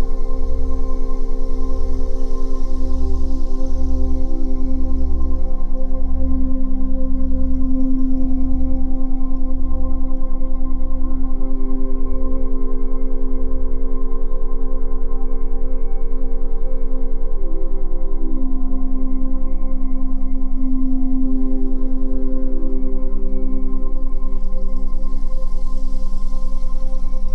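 A steady layered tone built for 10 Hz and 20 Hz frequencies: low droning notes throb in a regular pulse beneath sustained mid-range hums that slowly swell and fade. Soft airy hiss rises at the start and again near the end.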